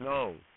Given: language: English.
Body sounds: throat vibration sensor signal played as sound; speech

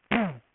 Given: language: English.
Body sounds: throat vibration sensor signal played as sound; throat clearing

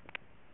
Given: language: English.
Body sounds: throat vibration sensor signal played as sound; swallow

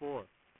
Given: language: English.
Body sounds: throat vibration sensor signal played as sound; speech

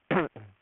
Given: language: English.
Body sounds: throat vibration sensor signal played as sound; throat clearing

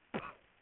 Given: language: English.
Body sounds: throat vibration sensor signal played as sound; cough

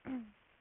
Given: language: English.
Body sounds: throat vibration sensor signal played as sound; throat clearing

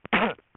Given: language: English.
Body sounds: throat vibration sensor signal played as sound; cough

